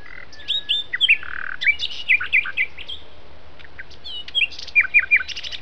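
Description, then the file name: Common nightingale singing varied phrases of clear whistles, slurred notes and sharp rapid chips, separated by short pauses, over a steady low background rumble. "nightingale"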